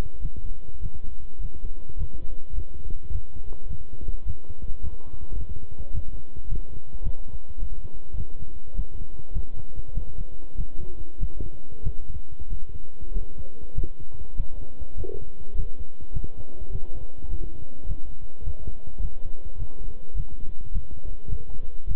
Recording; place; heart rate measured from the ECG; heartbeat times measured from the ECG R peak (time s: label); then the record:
heart sounds by stethoscope; between the tricuspid and mitral areas; 102 bpm
0.20 s: heartbeat
0.80 s: heartbeat
1.39 s: heartbeat
1.96 s: heartbeat
2.53 s: heartbeat
3.10 s: heartbeat
3.67 s: heartbeat
4.24 s: heartbeat
4.81 s: heartbeat
5.36 s: heartbeat
5.92 s: heartbeat
6.47 s: heartbeat
7.02 s: heartbeat
7.58 s: heartbeat
8.15 s: heartbeat
8.74 s: heartbeat
9.32 s: heartbeat
9.93 s: heartbeat
10.55 s: heartbeat
11.18 s: heartbeat
11.82 s: heartbeat
12.48 s: heartbeat
13.12 s: heartbeat
13.74 s: heartbeat
14.35 s: heartbeat
14.95 s: heartbeat
15.54 s: heartbeat
16.12 s: heartbeat
16.70 s: heartbeat
17.28 s: heartbeat
17.86 s: heartbeat
18.43 s: heartbeat
19.00 s: heartbeat
19.57 s: heartbeat
20.14 s: heartbeat
20.71 s: heartbeat
21.28 s: heartbeat
21.86 s: heartbeat
From the record:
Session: walking at 3.7 km/h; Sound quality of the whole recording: good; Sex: male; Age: 26 years